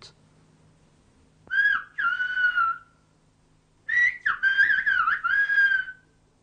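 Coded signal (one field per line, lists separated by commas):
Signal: whistled language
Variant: whistled Béarnais (Aas)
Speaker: on est donc ici très loin de l'état présent du Silbo Gomero décrit par classe au Canaris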